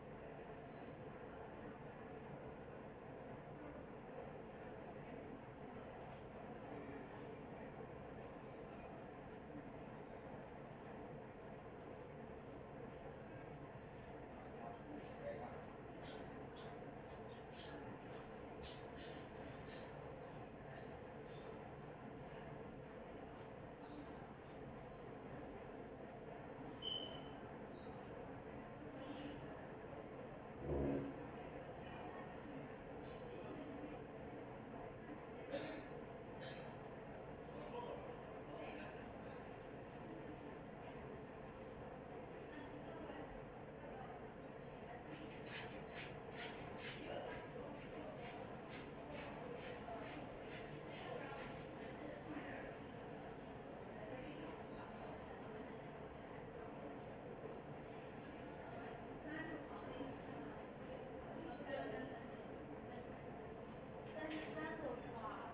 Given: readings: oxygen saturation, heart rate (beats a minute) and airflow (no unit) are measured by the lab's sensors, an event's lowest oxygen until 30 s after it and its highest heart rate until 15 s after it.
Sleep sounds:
a person awake in a sleep study, by a smartphone at the bedside; none
0.00-65.54 s: awake
0.00-65.54 s: awake
From the record:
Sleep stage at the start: awake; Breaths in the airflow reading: 21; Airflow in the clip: -0.8 to 0.7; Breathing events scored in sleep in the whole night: 263 in 5.5 hours asleep

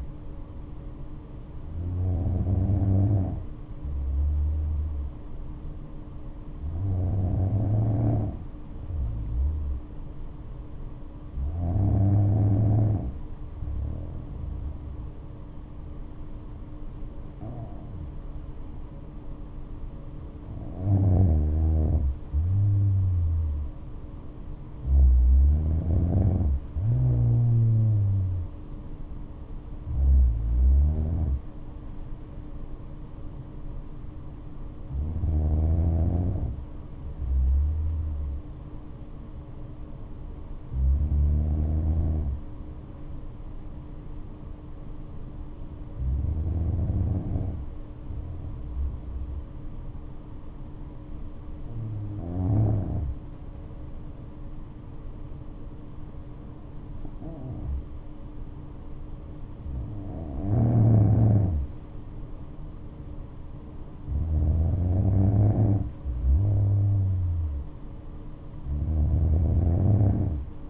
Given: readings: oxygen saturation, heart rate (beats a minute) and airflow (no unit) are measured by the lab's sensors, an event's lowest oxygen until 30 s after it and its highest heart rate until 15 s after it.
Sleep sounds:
breathing in sleep by a smartphone at the bedside; none
3.00-70.70 s: new sleep stage, N2 (light sleep)
From the record:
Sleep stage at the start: N1 (lightest sleep); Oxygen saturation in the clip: 94 to 96%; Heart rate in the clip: 59 to 73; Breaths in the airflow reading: 15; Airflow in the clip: -7.6 to 10.2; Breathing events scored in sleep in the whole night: 228 in 5.4 hours asleep

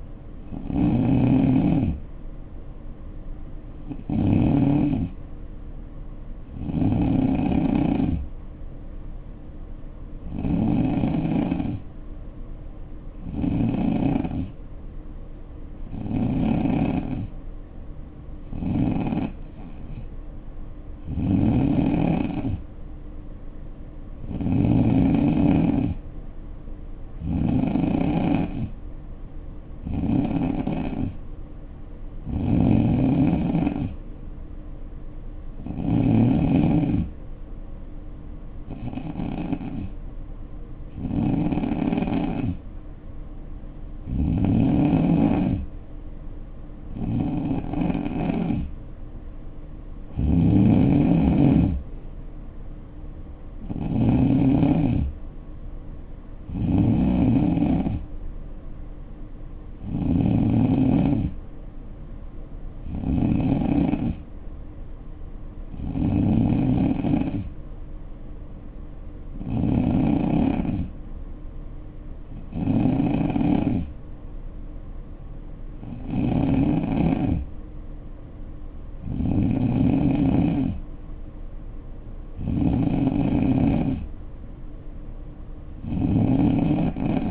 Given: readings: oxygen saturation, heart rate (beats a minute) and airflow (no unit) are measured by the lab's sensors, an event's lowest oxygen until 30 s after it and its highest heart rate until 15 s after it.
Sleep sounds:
breathing in sleep by a smartphone at the bedside; 3
13.00-26.80 s: hypopnea (N3, oxygen 91% highest, then 87% lowest, heart rate 62 at the start, 71 highest)
29.00-87.31 s: new sleep stage, N2 (light sleep)
35.00-49.90 s: hypopnea (N2, oxygen 89% highest, then 87% lowest, heart rate 69 at the start, 71 highest)
65.00-80.80 s: hypopnea (N2, oxygen 92% highest, then 89% lowest, heart rate 63 at the start, 67 highest)
From the record:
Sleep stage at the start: N3 (deep sleep); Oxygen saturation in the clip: 87 to 92%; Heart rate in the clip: 60 to 71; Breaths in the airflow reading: 28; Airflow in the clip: -5.3 to 3.8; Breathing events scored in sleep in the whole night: 520 in 7.2 hours asleep

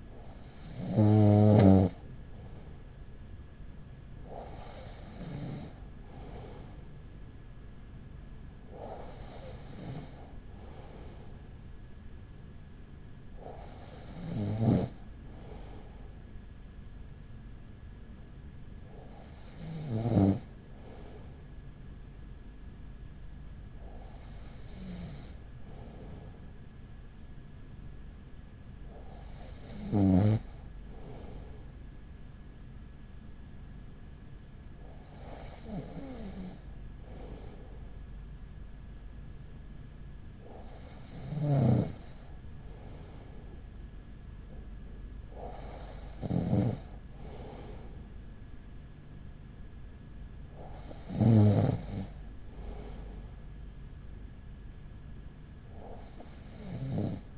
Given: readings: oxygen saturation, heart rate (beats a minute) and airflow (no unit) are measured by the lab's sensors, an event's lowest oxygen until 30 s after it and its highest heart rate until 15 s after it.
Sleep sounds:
breathing in sleep by a smartphone at the bedside; none
none scored
From the record:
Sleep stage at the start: N2 (light sleep); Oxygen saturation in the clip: 94 to 95%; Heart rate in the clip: 39 to 43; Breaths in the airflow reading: 11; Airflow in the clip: -5.5 to 5.1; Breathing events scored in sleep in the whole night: 207 in 7.6 hours asleep

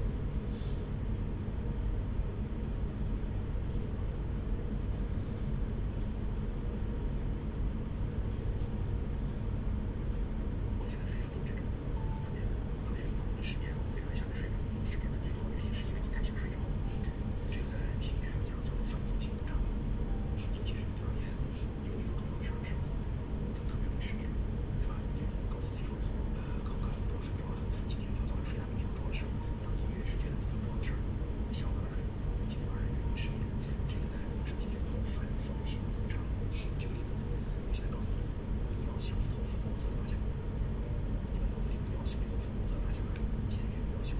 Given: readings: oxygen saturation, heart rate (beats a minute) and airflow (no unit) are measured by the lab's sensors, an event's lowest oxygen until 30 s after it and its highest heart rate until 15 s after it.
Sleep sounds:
a person awake in a sleep study, by a smartphone at the bedside; none
0.00-44.20 s: awake
From the record:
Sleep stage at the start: awake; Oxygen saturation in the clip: 93 to 95%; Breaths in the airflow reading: 10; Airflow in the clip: -5.9 to 4.6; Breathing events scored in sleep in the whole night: 335 in 6.7 hours asleep

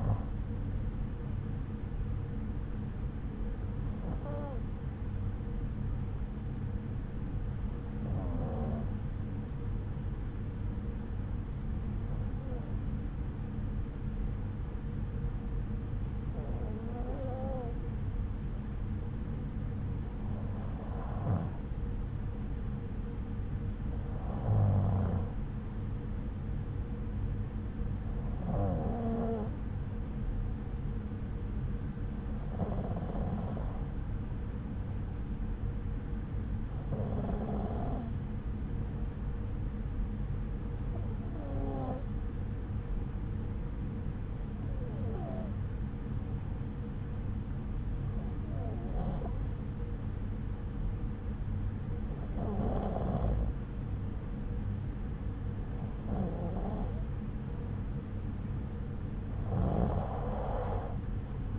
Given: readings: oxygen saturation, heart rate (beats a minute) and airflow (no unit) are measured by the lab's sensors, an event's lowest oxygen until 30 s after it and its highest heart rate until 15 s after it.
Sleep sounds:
breathing in sleep by a smartphone at the bedside; 1
6.00-56.70 s: hypopnea (N1, oxygen 95% highest, then 92% lowest, heart rate 67 at the start, 71 highest)
6.00-61.59 s: new sleep stage, N2 (light sleep)
From the record:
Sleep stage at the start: N1 (lightest sleep); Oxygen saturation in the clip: 92 to 95%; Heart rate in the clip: 64 to 70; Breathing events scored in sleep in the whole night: 303 in 8.1 hours asleep

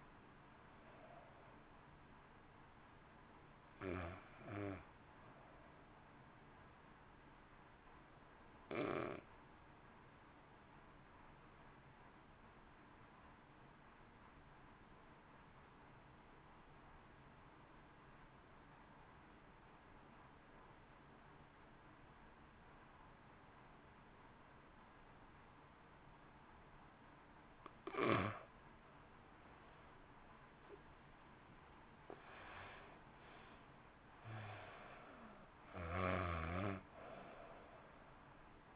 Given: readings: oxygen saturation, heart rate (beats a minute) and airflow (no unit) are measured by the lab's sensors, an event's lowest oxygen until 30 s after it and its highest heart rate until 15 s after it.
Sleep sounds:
breathing in sleep by a voice recorder at the bedside; 1
6.00-32.00 s: hypopnea (N1, oxygen 96% highest, then 80% lowest, heart rate 54 at the start, 67 highest)
From the record:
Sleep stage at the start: N1 (lightest sleep); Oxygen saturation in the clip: 85 to 96%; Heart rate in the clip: 53 to 67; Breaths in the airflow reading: 11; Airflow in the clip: -1.7 to 2.5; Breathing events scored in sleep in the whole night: 328 in 6.3 hours asleep

